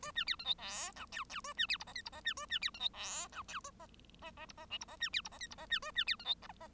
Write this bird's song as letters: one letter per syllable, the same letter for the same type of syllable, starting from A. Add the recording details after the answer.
A B C D E F G H H A B C I J K I J B A B C D E F G H A J J J I J L I J B C I J K I J B A B C D E. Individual Bird1